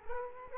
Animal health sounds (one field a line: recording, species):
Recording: mosquito wingbeat signal from an infrared sensor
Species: Culex quinquefasciatus